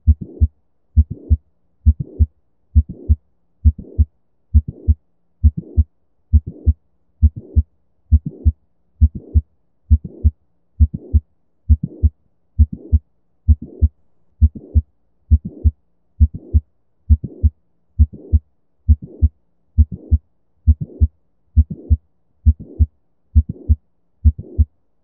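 Heart sounds of mitral valve prolapse, produced on a heart sound simulator.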